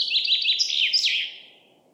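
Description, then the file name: Common chaffinch song fragment: a quick run of bright descending notes, then fading out over faint low background noise. "Fringilla coelebs"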